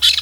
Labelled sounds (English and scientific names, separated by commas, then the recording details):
Brown-throated Parakeet (Eupsittula pertinax) contact call
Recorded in Venezuela
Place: Guárico; Corozopando; Fundo La Fe
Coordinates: 8.506, -67.593